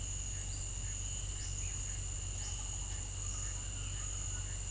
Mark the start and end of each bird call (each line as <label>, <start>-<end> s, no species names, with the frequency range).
bird call (1.0-2.7 kHz), 0.38-4.63 s